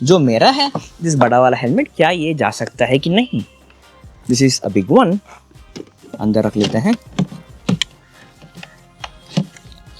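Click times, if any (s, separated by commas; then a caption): none. Someone talks for the first seven seconds, then a Chetak 2501 scooter seat is pushed down over a large helmet placed in the under-seat storage boot. Sharp thuds sound at about 7.7, 7.8, 8.6, 9.0, 9.4 and 9.6 seconds as the seat presses against the helmet. The seat latch has not locked or clicked.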